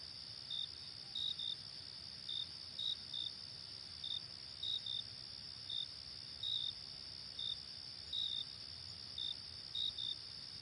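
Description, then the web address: Cricket chirping: a steady, high continuous trill runs throughout, overlaid by short, slightly lower chirps repeated irregularly. "hobokenchicken kira. crickets"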